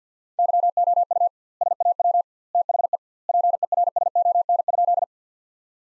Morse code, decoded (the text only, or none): YOU SAW THE PERSON?